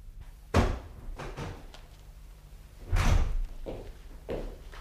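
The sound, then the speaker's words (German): A man fumbling at a garage door, working it open: two loud metallic bangs a couple of seconds apart, with lighter rattles and knocks between them, over a low steady hum and no voices. “der Mann fummelt an der Garagentür.”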